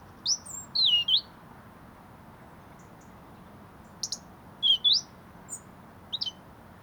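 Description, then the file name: European robin giving high, thin whistled notes and short twisting phrases, spaced irregularly over quiet background noise. "Erithacus rubecula"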